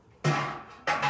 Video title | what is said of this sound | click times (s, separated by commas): Raising Your Own Flock | and then slides back on and it locks into place and the water comes into the dishes | 0.2 s